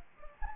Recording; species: mosquito wingbeat signal from an infrared sensor; Anopheles gambiae